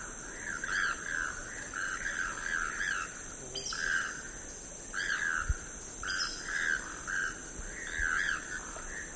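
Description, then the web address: Choco toucan croaking calls: short, rough, harmonic notes in clusters, repeated over a steady high-pitched background hiss. "sound choco-toucan. صدای-پرنده-توکان-چوکو"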